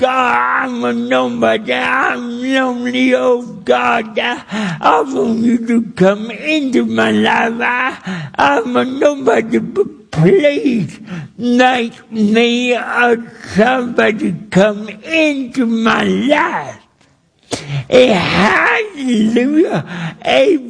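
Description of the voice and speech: An adult man preaching in slow, effortful speech with stretched vowels, nasal tone and slurred consonants that make him somewhat difficult to understand: dysarthria from cerebral palsy.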